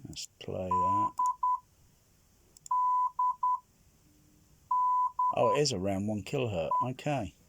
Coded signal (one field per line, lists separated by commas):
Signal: Morse code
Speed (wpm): 10 wpm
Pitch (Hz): 1000 Hz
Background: speech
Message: D D D E